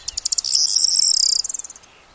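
Corn bunting singing, with quick ticking notes accelerating into a dense, high, jangling trill like shaken keys that fades with a few final ticks.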